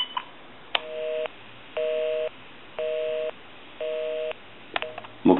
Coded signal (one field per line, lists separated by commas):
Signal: telephone call progress tone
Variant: North America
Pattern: busy tone